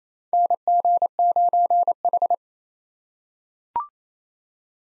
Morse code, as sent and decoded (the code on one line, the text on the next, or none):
-. --. ----. ....
NG9H